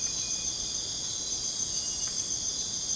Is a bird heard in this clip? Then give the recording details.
no. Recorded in dense forest near Puerto Asís, Putumayo, Colombia, on 23 June 2025 at 01:30. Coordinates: 0.486, -76.317. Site G065